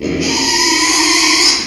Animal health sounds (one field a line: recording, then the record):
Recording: squeal of a Yucatan mini pig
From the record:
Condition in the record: after surgery on the right vocal fold (resection and tissue-engineered implant)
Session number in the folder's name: 2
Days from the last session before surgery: 13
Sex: male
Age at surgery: 12 weeks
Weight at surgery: 13 kg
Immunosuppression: cyclosporine, prednisolone